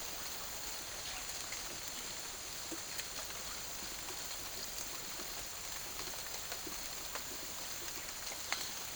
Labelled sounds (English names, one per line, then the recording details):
none
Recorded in secondary vegetation near Puerto Asís, Putumayo, Colombia, on 12 March 2025 at 09:00
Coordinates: 0.489, -76.322
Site G042